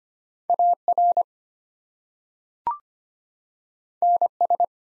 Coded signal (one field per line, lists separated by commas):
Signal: Morse code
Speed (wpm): 25 wpm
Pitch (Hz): 700 Hz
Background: none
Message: AR NS